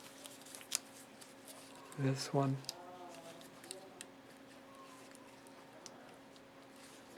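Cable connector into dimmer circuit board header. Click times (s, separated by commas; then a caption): 0.8 s. A cable connector is pushed onto the header of the replacement dimmer circuit board in a TAKAGI Marco Ultra M series slit lamp during a dimmer board assembly replacement. A sharp, loud click at 0.8 s marks the connector snapping into place and seating, followed by a few fainter ticks and handling noises. Someone talks briefly around 2 to 2.5 s over a steady low hum.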